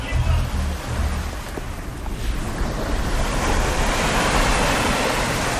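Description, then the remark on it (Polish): Atlantic Ocean waves breaking on a shore at the small town of Joal: a continuous hissing rush of surf that builds and swells toward the end, with low wind rumble buffeting the microphone. “Dojeżdżamy do małego miasta Joal nad Oceanem Atlantyckim.”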